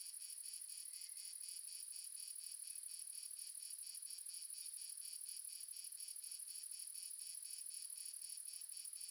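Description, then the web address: Cricket chorus of rapid, high-pitched pulsed chirps, continuous and even. Multiple crickets, ambience recording from the south of France. "GDC 2017-Game Audio Bundle Red Sonic - Crickets and Frogs amb crickets multiple south france"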